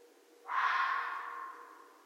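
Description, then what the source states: Red fox giving a single harsh, breathy scream that starts sharply and trails off over about a second and a half. Recorded on 13 January 2012.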